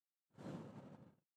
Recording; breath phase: one breath near a microphone; exhalation